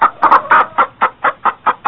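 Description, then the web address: Chicken clucking: a steady run of short, mid-pitched clucks, about four or five per second, with no other sounds. "animals chicken"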